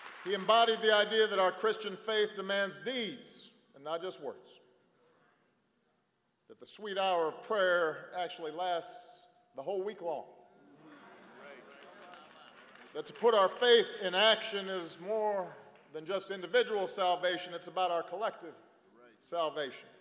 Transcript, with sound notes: He embodied the idea that our Christian faith demands deeds and not just words; that the “sweet hour of prayer” actually lasts the whole week long -- (applause) that to put our faith in action is more than individual salvation, it's about our collective salvation;